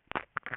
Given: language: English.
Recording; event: throat vibration sensor signal played as sound; swallow